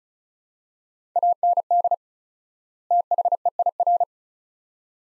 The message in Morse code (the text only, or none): AND THEIR